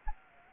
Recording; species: mosquito wingbeat signal from an infrared sensor; Anopheles gambiae